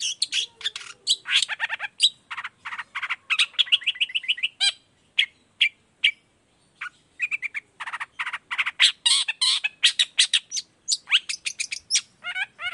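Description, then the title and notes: Long-tailed shrike song: a dense, rapid stream of harsh scratchy notes and sharp chirps, briefly pausing around six seconds before resuming with varied chattering phrases. Persistently singing bird recorded in the morning, voice variations with 'toet toet' notes, used as a lure to make other shrikes of any kind reply quickly. "Cendet Gacor Dor Di Kala Pagi Toet Toet Variasi Suara. Cendet Gacor Efektif Pancingan Buat Cendet Jenis Apapun Agar Cepat Nyaut Buka Paruh. Burung cendet"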